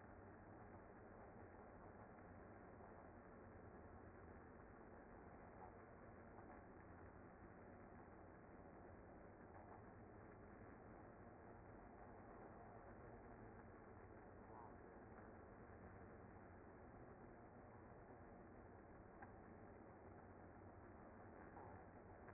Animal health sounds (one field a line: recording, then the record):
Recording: honeybee colony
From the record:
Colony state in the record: active